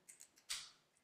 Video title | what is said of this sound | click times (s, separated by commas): Hot Wheels Team Transport HKS Nissan Silvia S15 Drift Car with Aero Lift Transporter #40 | and you just pull it and clicks it snaps into the base right there and | 0.5 s